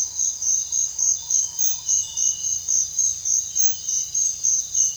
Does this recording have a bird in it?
no